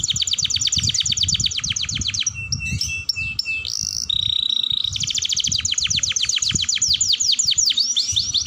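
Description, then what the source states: Canary song with a long fast rolling trill, a brief jumble of varied notes and a flat whistle, then another long trill, over low rumble. Kenari singing a long roll song style (dor roll panjang), described as gacor, i.e. singing vigorously.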